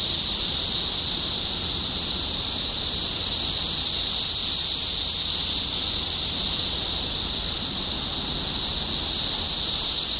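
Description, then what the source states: Cicadas producing a continuous high whirring chorus, steady in pitch and volume. Cicadas in Topeka, Kansas, USA, on 14 June 2015.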